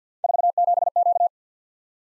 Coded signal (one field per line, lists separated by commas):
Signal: Morse code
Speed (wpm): 53 wpm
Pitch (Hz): 700 Hz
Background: none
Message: 47Q